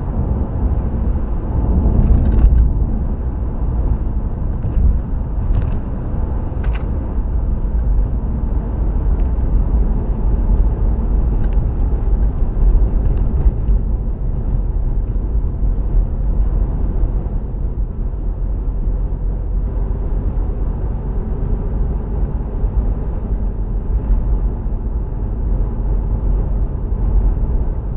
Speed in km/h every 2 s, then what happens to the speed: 72, 69, 68, 64, 61, 55, 52, 50, 50, 53, 58, 60, 61, 61.
0-13 slows to 50. 16-23 speeds up to 61.